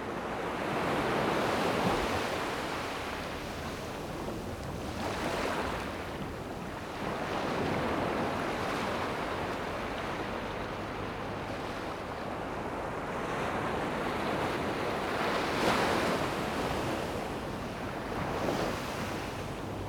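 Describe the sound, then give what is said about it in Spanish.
Sea waves wash ashore on a quiet, warm July night in steady, rolling surges, each swell building into a broad hiss and then receding, with a low rumble and some wind noise underneath. No voices. “Y con este sonido de la mar, nos despedimos hoy en esta quieta y cálida noche de julio.”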